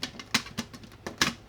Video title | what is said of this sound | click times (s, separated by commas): VOLUAS Automatic Cat Feeders for Cats and Dogs | and it does lock into place | 0.3 s, 1.2 s